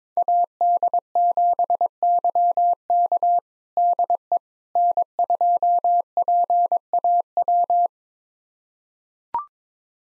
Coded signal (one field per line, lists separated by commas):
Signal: Morse code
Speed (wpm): 21 wpm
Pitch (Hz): 700 Hz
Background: none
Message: AD7YK DE N2PAW